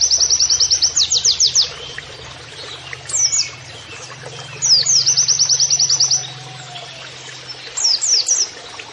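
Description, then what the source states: Oriental white-eye song: high rattling trill bursts separated by short quiet gaps, with a steady low background hum. Canary-like singing (kenarian), used in masteran training to teach song to caged birds; a vigorous (gacor) singer.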